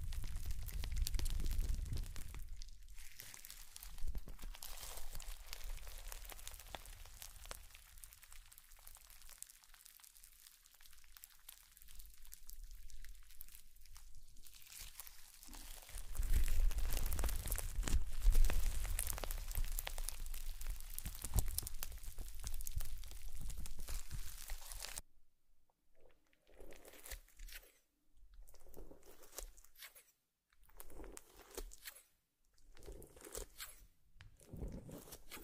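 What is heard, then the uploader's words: Slime crackles and squishes in a dense, continuous stream with low thumps for about 25 seconds, then breaks into short squelches separated by silences. Slime Sounds & Ear Eating.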